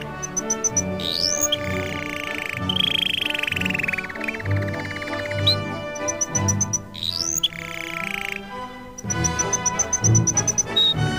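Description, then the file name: Canary song: repeated high piping notes, upward-sweeping whistles and rolling buzzy trills alternate, with accompanying music. Canary song mixed with music. "suara kenari dan musik"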